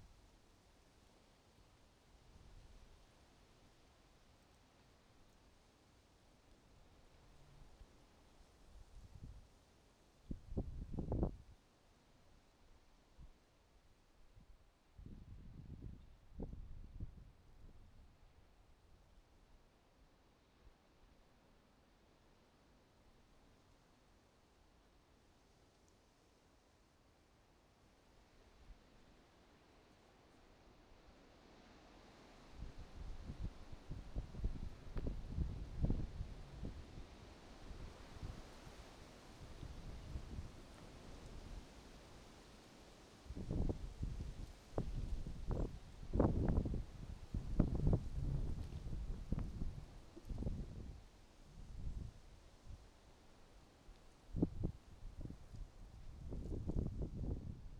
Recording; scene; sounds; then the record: everyday scene through a hearing-aid microphone; wind on the microphone; wind, traffic, birds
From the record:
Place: suburban garden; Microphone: in the ear canal, right